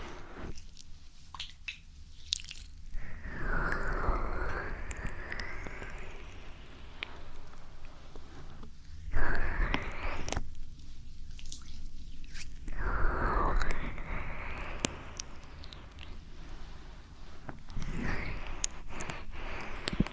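Ear massage ASMR: soft rubbing and squishy friction sweeps in slow waves, with dense crackly texture and brief quieter gaps around nine and eighteen seconds.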